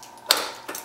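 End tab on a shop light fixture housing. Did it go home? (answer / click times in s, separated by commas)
yes / 0.3 s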